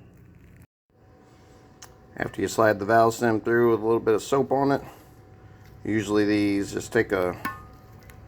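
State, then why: Seated. A soaped rubber snap-in valve stem is pulled through the hole in a new wheel rim for a 3000GT. Someone talks over faint ticks and a sharper tick near 1.8 s, then a short pop at 8.1 s as the stem's bead seats in the rim hole.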